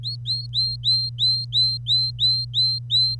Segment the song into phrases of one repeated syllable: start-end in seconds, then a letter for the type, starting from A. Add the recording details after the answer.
0.03-3.15 A. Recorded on 25 April 2018 at 08:11. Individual llb3